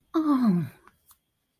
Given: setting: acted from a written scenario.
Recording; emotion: vocal sound without words; relief